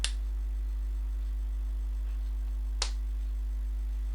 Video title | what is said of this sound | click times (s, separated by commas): BM-700 Condenser Microphone Unboxing & Review Cheap Mic From GearBest.com | you can see there push it hard you hear a click and it's locked in and | 0.0 s